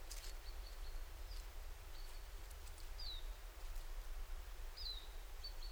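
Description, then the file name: Great tit giving high thin calls, some level and some sharply downslurred, scattered irregularly over low background rumble. "Parus major"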